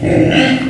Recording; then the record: squeal of a Yucatan mini pig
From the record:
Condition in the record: after surgery on the right vocal fold (resection and tissue-engineered implant); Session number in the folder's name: 3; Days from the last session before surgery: 21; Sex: female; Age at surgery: 19 weeks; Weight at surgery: 25 kg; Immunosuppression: prednisolone